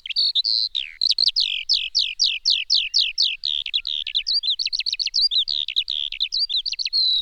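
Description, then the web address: Bird song, a quick series of repeated downslurred chirps that speeds into rapid twittering phrases, sustained without break. Birds of the countryside. "Répertoire son Ombres du passé oiseaux campagne"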